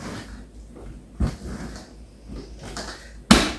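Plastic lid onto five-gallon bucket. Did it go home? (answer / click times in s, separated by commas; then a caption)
yes / 3.3 s. A plastic lid is pressed down around the rim of a five-gallon food bucket, with softer knocks and creaks as it is worked around the edge, including a smaller pop at about 2.8 s. A loud, sharp snap at 3.3 s is the last click, and the lid is seated on the bucket.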